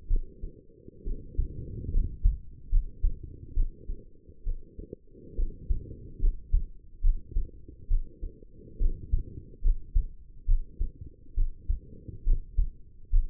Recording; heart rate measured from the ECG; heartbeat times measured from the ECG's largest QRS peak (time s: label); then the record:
heart sounds by stethoscope; 69 bpm
0.08 s: heartbeat
1.04 s: heartbeat
1.91 s: heartbeat
2.70 s: heartbeat
3.54 s: heartbeat
4.44 s: heartbeat
5.36 s: heartbeat
6.20 s: heartbeat
7.01 s: heartbeat
7.88 s: heartbeat
8.78 s: heartbeat
9.62 s: heartbeat
10.46 s: heartbeat
11.35 s: heartbeat
12.24 s: heartbeat
13.10 s: heartbeat
From the record:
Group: healthy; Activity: rest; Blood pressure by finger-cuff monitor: 110/72 mmHg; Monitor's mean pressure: 85 mmHg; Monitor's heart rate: 68 bpm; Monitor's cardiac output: 5.6 L/min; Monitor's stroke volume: 80 mL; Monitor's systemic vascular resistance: 1120 dyn s/cm5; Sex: female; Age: 22 years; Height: 160 cm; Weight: 45 kg